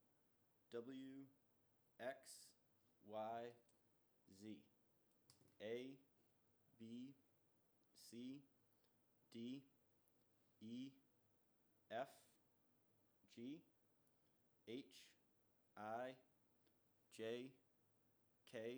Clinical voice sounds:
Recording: letters of the alphabet, spoken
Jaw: free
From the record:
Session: first day, before the bite bar

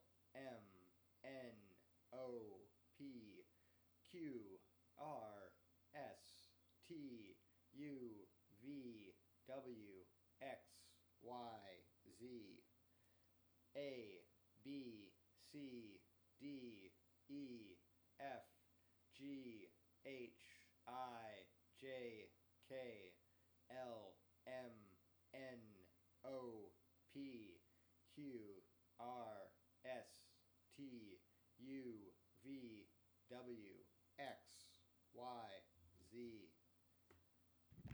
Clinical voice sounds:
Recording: letters of the alphabet, spoken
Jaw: free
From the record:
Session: first day, before the bite bar

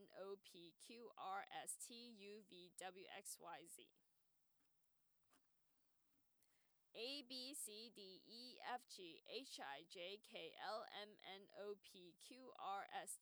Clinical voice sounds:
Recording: letters of the alphabet, spoken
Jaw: free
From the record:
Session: first day, before the bite bar

